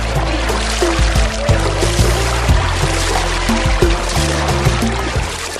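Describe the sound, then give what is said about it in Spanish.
Water splashes and sloshes steadily as people bathe in an oasis, a continuous busy wash of sound with no speech, over a soft low hum of tones in the background. “Aprovechemos y bañémonos para quitarnos este calor de encima.”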